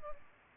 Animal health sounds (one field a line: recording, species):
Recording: mosquito wingbeat signal from an infrared sensor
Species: Culex pipiens